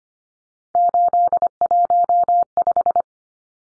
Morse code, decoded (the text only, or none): 815